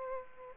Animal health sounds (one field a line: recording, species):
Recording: mosquito wingbeat signal from an infrared sensor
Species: Aedes aegypti